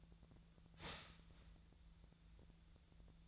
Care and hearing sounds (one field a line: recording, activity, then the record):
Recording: daily activity, microphone in the room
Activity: start toaster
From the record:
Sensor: 3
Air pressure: 1009.3 hPa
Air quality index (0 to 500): 197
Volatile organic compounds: 16 ppm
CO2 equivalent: 2559 ppm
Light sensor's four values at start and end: 28/72/30/32 and 32/81/34/36